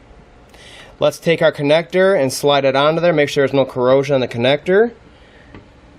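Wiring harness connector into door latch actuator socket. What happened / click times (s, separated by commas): Connector handled, not yet seated / none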